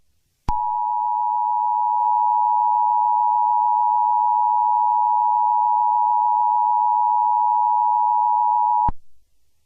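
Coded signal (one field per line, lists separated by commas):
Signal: Emergency Alert System (SAME) tones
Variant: 853 and 960 Hz attention tone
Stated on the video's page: Fictional EAS scenario for entertainment, not a real broadcast, possibly containing valid tones.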